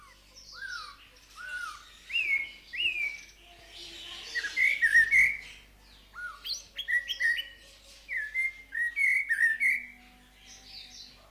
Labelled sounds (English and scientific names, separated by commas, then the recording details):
Snowy-crowned Robin-Chat (Cossypha niveicapilla) song
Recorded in captivity
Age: adult
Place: Zoo Berlin, Berlin, DE
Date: 1997-11-22 11:18
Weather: overcast, ca.1°C
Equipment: Nagra SN, Kopie Uher 4000 Report Monitor
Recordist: Tembrock, Günter
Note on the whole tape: Gesang, Entfernung ca. 5 m